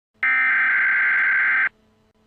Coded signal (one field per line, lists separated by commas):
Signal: Emergency Alert System (SAME) tones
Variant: header bursts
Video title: The goods and bads of EAS Scenarios